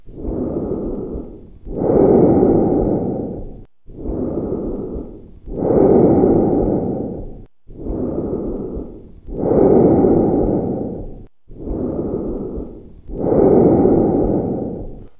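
Normal bronchial breath sounds heard over an adult chest by stethoscope, about 16 breaths per minute: tubular, blowing sounds like air blown through a tube, relatively louder in expiration than inspiration. Normally heard over the large airways; abnormal if heard over the lower part of the lungs.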